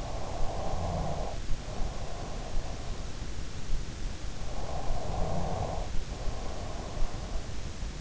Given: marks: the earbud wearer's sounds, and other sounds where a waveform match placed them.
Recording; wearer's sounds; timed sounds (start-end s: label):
sounds in sleep by an in-ear microphone; snoring breath
0.00-2.92 s: snoring breath
3.98-7.03 s: snoring breath